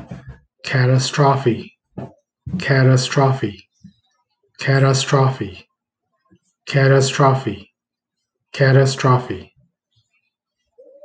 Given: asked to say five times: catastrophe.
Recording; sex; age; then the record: repeated word; male; 30 to 39 years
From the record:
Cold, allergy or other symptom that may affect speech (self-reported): no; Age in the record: 34 years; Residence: Hawaii, United States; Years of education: 12